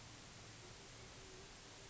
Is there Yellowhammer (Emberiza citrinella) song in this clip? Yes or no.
no